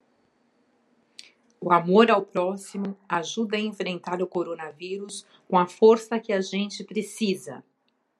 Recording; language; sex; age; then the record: spoken sentence; Brazilian Portuguese; female; 50 to 59 years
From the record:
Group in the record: control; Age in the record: 53 years